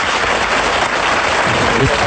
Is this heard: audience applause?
yes